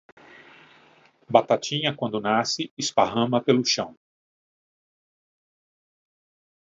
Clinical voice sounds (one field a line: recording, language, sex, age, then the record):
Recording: short text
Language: Brazilian Portuguese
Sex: male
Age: 50 to 59 years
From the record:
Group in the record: control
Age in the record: 57 years